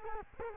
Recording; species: mosquito wingbeat signal from an infrared sensor; Culex quinquefasciatus